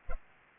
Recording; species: mosquito wingbeat signal from an infrared sensor; Culex pipiens